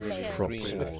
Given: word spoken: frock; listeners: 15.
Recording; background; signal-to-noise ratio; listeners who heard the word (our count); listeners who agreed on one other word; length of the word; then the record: one English word in noise, from a listening test; four-talker babble; -0.1 dB; 0 of 15; 7 of 15; 0.60 s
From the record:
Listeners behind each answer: 7, 2, 1, 1, 1, 1, 1, 1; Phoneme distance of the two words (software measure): 27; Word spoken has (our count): 1 syllable, 4 phonemes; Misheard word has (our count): 2 syllables, 5 phonemes, stress on syllable 1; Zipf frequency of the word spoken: 3.31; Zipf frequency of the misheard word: 4.88